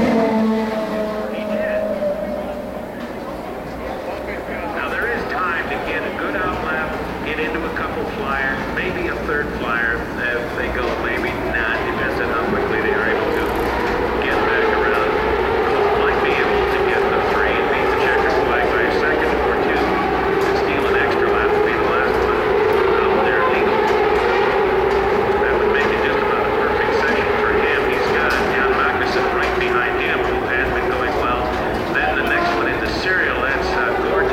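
Turbocharged V8 race engines roar continuously, several overlapping at once. The pitch dips and climbs through the first ten seconds, then settles into a dense, steady, slightly wavering drone that stays loud to the end, with a faint murmur of voices underneath.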